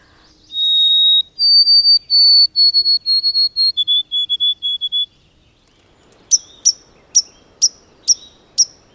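White-throated sparrow whistled song: a long clear note, higher held notes, then a string of quick lower triplet whistles, followed by a series of sharp chips.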